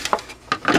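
The plastic back panel of a Samsung 19" LCD TV is pried off during a repair, its top edge held in place by snap clips. Sharp plastic snaps are heard at 0.1 and 0.5 seconds as the clips let go, among a few other brief knocks. The clips pop open and the panel is released.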